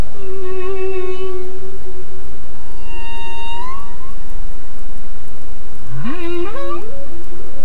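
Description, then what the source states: Humpback whale song: a long low steady moan, a higher tone bending upward, then a stepped rising cry near the end, with continuous background hiss. Male humpback whales sing long songs; described as beautiful, impressive and relaxing, like a violin or a human voice.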